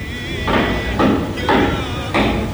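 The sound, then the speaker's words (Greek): A power drill on a construction site gives four loud, rough bursts at a steady pace, about half a second apart, over a continuous high-pitched motor whine. “βάλε το τρυπάνι.”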